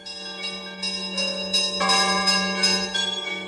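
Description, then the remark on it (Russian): Church bells ring out in a lively peal late at night, overlapping strikes layering into a dense, shimmering wash of bright metallic tones over a steady low hum, with no voices. “Поздно ночью кулич пришел под бодрый звон колоколов.”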